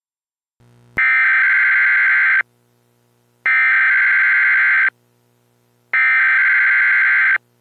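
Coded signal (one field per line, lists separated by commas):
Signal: Emergency Alert System (SAME) tones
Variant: header bursts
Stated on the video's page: EAS tones from a fictional full scenario, not a real alert.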